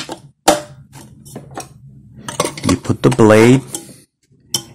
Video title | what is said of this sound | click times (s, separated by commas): Imusa, Worst Brand in the World? Find out. Imusa Mini Chopper to the test. See how horrible it is. | and then here's the other click | 4.6 s